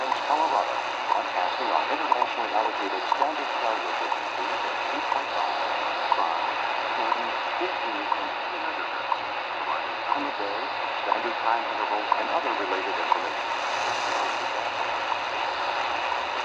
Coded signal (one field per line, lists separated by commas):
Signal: radio time signal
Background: speech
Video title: WWV 10 15 and 20 MHz received on XHDATA D808 receiver W6LVP loop antenna